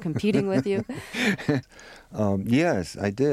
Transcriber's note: laughter